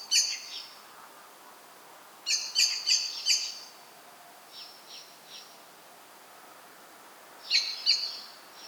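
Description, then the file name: Common blackbird making metallic chinking calls in short bursts: one note at the start, a run of four, softer notes, then two more near the end. "Turdus merula"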